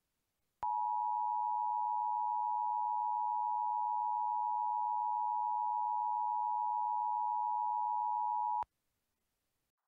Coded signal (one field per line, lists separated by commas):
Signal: Emergency Alert System (SAME) tones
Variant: 853 and 960 Hz attention tone